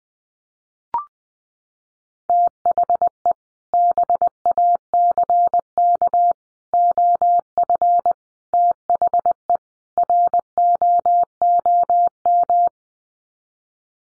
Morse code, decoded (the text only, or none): THE BACK OF THE ROOM